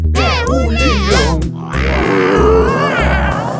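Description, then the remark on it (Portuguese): A voice imitates a lion's roar: two loud, drawn-out growling roars with wavering pitch, separated by a brief pause. “O leão.”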